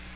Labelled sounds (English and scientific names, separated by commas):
Magnolia Warbler (Setophaga magnolia) flight call